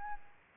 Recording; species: mosquito wingbeat signal from an infrared sensor; Aedes albopictus